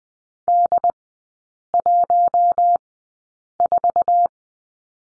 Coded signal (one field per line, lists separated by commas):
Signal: Morse code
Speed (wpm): 20 wpm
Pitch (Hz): 700 Hz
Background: none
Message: D 1 4